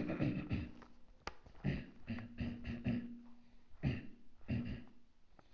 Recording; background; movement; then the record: throat clearing; quiet; sitting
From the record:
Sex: male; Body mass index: 23.7 kg/m2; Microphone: on the chest, facing outward